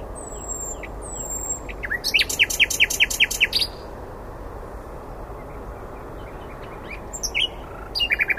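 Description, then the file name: Common nightingale singing: thin whistles, then a rapid series of loud sharp repeated notes for about one and a half seconds, a pause, and later brief bursts of notes. "Luscinia megarhynchos"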